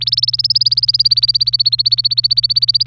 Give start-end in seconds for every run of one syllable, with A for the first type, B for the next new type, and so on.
0.01-2.86 A